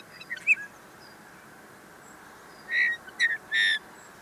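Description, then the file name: Eurasian bullfinch calls, a few soft notes: a short note near the start, then three clear whistled calls in the second half, over faint steady background hiss. "Pyrrhula pyrrhula"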